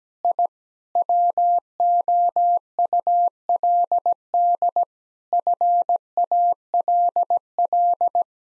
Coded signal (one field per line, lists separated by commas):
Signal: Morse code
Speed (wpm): 17 wpm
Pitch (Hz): 700 Hz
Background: none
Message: I WOULD FALL